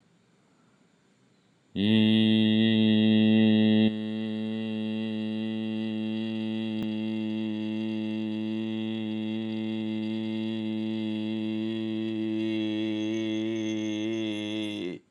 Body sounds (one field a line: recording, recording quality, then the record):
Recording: sustained vowel as in beet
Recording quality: excellent, no background noise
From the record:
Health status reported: healthy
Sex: male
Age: 46 years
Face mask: not worn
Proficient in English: yes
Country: India